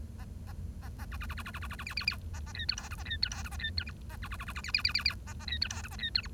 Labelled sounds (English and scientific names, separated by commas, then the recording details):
Bengalese Finch (Lonchura striata domestica) song
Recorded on 1 October 2012 at 10:29
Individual or60yw70